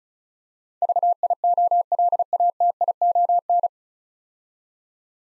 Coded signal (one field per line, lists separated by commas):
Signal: Morse code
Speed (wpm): 36 wpm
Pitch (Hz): 700 Hz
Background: none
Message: VIOLATION